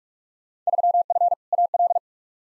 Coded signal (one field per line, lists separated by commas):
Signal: Morse code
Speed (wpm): 42 wpm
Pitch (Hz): 700 Hz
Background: none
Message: 3F AL